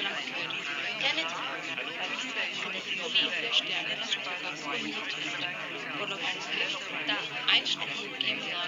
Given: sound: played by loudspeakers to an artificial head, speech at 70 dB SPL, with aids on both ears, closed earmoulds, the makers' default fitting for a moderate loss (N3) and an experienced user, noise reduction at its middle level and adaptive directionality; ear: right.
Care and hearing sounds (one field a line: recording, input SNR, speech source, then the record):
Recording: speech test signal (ISTS) in cocktail-party noise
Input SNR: -6 dB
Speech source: in front (0 degrees)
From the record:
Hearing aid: class 1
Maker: G